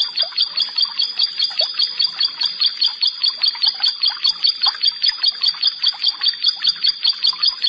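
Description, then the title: Prinia song, high clipped notes repeated evenly about two or three times a second, with softer chirps scattered between them. "Ciblek Sawah"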